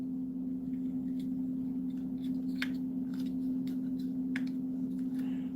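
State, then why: Not seated. A plastic backpack section is pushed into the body of a Transformers Studio Series Soundwave transforming robot figure over a steady low hum, with faint plastic scrapes and two brief sharp ticks around 2.6 and 4.4 seconds. The panel does not lock in, and nothing has seated or clicked into place.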